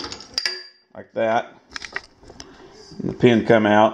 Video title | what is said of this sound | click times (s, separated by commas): DSCN6364 | just a button that you push clicks down locks into place like | 0.4 s